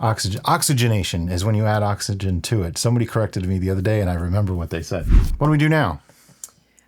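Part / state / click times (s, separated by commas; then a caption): plastic lid onto fermenter bucket / seated / 6.4 s, 6.8 s. A plastic lid is pressed onto a small homebrew fermenting bucket while someone talks. It snaps into place with sharp clicks at 6.4 s and 6.8 s, seating the lid so the seal isn't cracked.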